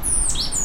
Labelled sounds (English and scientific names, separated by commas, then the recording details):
Stitchbird (Notiomystis cincta) song
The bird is a male
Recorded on Tiritiri Matangi Island, New Zealand, in 2005
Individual 2, of nest box 2